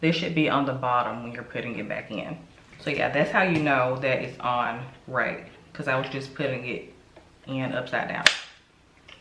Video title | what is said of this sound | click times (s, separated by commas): PATTERN BEAUTY STEAMER REVIEW - FIRST TIME FRIDAY | So it pops right in, perfect. | 9.1 s